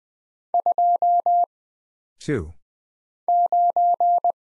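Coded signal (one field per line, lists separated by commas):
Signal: Morse code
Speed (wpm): 20 wpm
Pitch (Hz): 700 Hz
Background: none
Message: 2 9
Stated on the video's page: Morse code practice at 20 wpm of single letters, numbers, punctuation and prosigns with very short answer timing for instant recognition.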